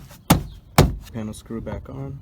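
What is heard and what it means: The plastic retaining clips of a 2013–2015 Honda Civic door trim panel are pressed back into the metal door, with two loud thumps at 0.3 s and 0.8 s as the panel is struck home. Someone then talks. The clips are seated.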